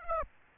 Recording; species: mosquito wingbeat signal from an infrared sensor; Aedes aegypti